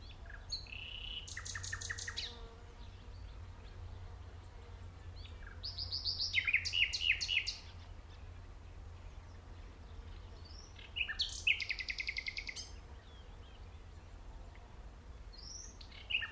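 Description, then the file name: Common nightingale singing three separate phrases, each a burst of fast, chattering, high notes broken by brief quiet gaps. "Luscinia megarhynchos"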